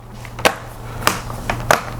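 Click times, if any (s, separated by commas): 0.5 s, 1.1 s, 1.5 s, 1.7 s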